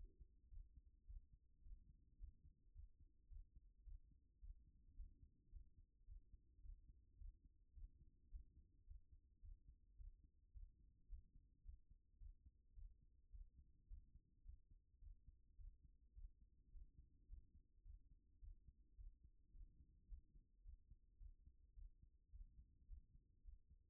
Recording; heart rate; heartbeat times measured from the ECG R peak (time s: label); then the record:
heart sounds by stethoscope; 107 bpm
0.50 s: heartbeat
1.07 s: heartbeat
1.63 s: heartbeat
2.19 s: heartbeat
2.74 s: heartbeat
3.29 s: heartbeat
3.85 s: heartbeat
4.40 s: heartbeat
4.96 s: heartbeat
5.51 s: heartbeat
6.06 s: heartbeat
6.62 s: heartbeat
7.18 s: heartbeat
7.74 s: heartbeat
8.30 s: heartbeat
8.86 s: heartbeat
9.42 s: heartbeat
9.97 s: heartbeat
10.53 s: heartbeat
11.09 s: heartbeat
11.64 s: heartbeat
12.19 s: heartbeat
12.75 s: heartbeat
13.31 s: heartbeat
13.88 s: heartbeat
14.44 s: heartbeat
15.00 s: heartbeat
15.57 s: heartbeat
16.14 s: heartbeat
16.71 s: heartbeat
17.28 s: heartbeat
17.84 s: heartbeat
18.40 s: heartbeat
18.97 s: heartbeat
19.53 s: heartbeat
20.08 s: heartbeat
20.63 s: heartbeat
21.19 s: heartbeat
21.75 s: heartbeat
22.31 s: heartbeat
22.87 s: heartbeat
23.43 s: heartbeat
From the record:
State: after exercise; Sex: female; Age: 55 years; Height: 168 cm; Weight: 81 kg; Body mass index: 28.70